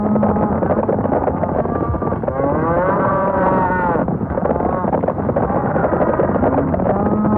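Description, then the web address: Cattle herd in a steady thundering rumble of hooves, several drawn-out moos rising and falling above the din, one clearest midway. Stampede. "SFXSource. Cattle Stampede 3"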